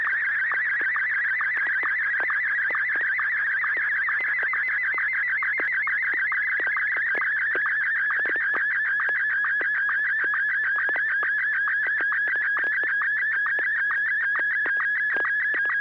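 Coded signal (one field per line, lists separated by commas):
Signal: SSTV (slow-scan television)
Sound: continuous warbling whistle around 1.7 kHz with rapid regular clicks, like a scanning image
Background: low hum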